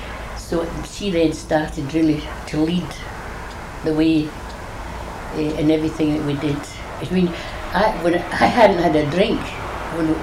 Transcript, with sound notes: So, she then started really to lead the way in everything that we did. I mean, [laughs] I hadn't had a drink when